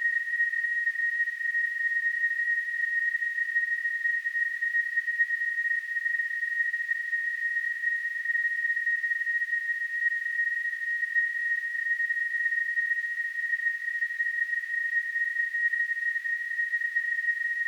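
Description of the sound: A simulated tinnitus sound: a steady, continuous high-pitched tone near 2 kHz, unchanging in pitch and loudness throughout, with faint hiss above it.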